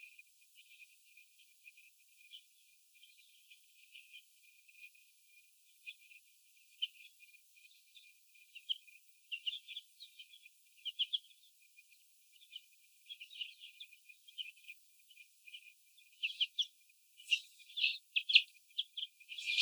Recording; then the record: young laying hens in a cage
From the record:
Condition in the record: after the stressor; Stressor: sudden umbrella opening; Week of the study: 2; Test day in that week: 1